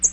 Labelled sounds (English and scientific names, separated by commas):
American Redstart (Setophaga ruticilla) flight call